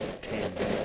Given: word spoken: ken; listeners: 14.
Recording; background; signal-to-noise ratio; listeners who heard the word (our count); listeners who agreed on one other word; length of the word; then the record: one English word in noise, from a listening test; noise modulated by three-talker babble; -5.1 dB; 0 of 14; 7 of 14; 0.46 s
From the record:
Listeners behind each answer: 7, 3, 3, 1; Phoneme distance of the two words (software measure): 20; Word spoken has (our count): 1 syllable, 3 phonemes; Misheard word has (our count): 1 syllable, 3 phonemes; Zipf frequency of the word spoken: 4.56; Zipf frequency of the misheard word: 4.35